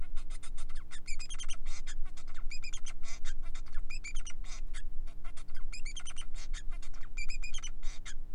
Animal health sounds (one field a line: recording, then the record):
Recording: song of a male Bengalese finch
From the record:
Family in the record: son of father 4